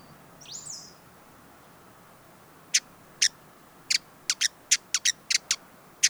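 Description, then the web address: Hooded visorbearer call: a brief slurred high note, then sharp, dry chips at uneven intervals, over a quiet background. "sound Hooded-visorbearer دانلود-صدای-پرنده-آفتابگیر-کلاهدار"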